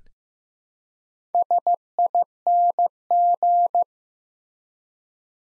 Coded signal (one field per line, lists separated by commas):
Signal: Morse code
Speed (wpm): 15 wpm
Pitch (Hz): 700 Hz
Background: none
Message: SING